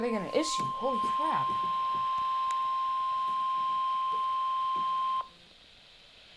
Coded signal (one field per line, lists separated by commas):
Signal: Emergency Alert System (SAME) tones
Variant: 1050 Hz attention tone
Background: speech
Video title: RARE!! PDS Winter Storm Warning (EAS #35)